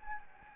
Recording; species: mosquito wingbeat signal from an infrared sensor; Anopheles gambiae